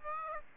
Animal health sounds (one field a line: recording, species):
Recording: mosquito wingbeat signal from an infrared sensor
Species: Aedes aegypti